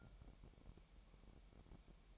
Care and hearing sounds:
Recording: daily activity, microphone in the room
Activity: take from stove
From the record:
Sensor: 1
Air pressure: 1012.1 hPa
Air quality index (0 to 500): 226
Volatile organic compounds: 5 ppm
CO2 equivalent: 1807 ppm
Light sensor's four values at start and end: 66/156/67/71 and 66/156/67/71

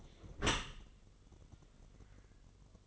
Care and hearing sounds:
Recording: daily activity, microphone in the room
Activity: close dishwasher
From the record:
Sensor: 4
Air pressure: 1015.8 hPa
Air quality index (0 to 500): 111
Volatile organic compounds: 2 ppm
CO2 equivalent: 1247 ppm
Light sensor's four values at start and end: 8/19/7/7 and 8/18/7/7

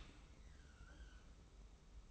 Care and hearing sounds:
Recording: daily activity, microphone in the room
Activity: open dishwasher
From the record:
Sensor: 1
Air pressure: 991.3 hPa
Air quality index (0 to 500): 123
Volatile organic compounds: 243 ppm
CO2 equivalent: 4341 ppm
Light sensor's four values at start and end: 40/126/50/51 and 40/126/50/51

